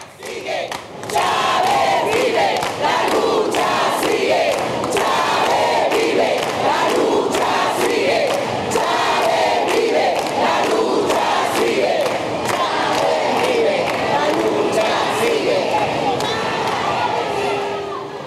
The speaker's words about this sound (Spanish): Fíjense cómo se espanta el diablo cuando le gritamos en la consigna del pueblo unido jamás será vencido. Huyen despavoridos.